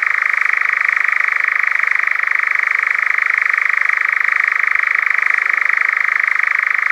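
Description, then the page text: European nightjar churring, a steady, even, rapid mechanical trill held at one pitch throughout without a break. "European Nightjar Churring - Quick Sounds"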